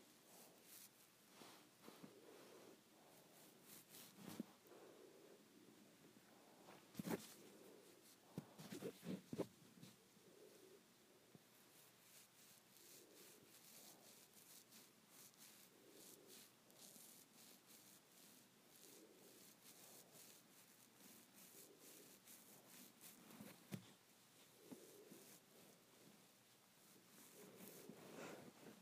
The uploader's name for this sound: Playing with my Hair